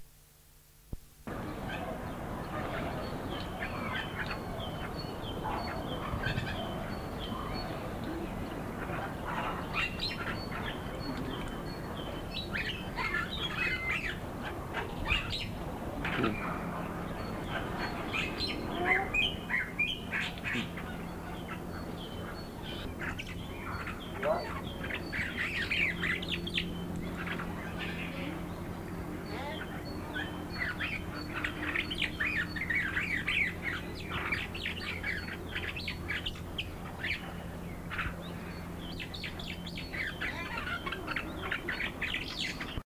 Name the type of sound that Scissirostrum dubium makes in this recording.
song